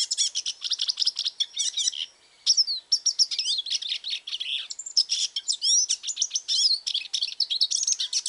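Hooded siskin song: a busy, high twittering stream of chirps and thin whistled slurs, with a brief pause early on.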